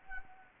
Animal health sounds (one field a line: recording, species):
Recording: mosquito wingbeat signal from an infrared sensor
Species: Anopheles gambiae